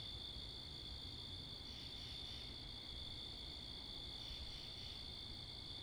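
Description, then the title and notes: Crickets keep up an unbroken shrill trill, with a couple of faint pulsing swells, over steady low traffic and wind rumble. Wakefield, Rhode Island, 10 October 2021, 11:35pm, night; recorded facing northeast with two Rode NTG-3 shotgun mics on a Sound Devices MixPre 10ii; crickets with cars and wind. "Oct 10th 2021 11:35pm Wakefield, Rhode Island. Crickets, Cars, and Wind"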